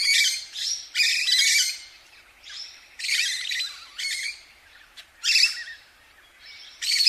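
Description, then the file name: Lorikeet screeches: long, harsh, grating squawks, broad and raspy, given in irregular bouts roughly every second, with a quiet background between. "Лори -Лорикет -Попугай -Голоса-птиц"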